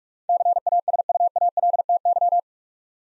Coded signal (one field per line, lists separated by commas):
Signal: Morse code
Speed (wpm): 43 wpm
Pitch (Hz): 700 Hz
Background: none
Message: CASUALTY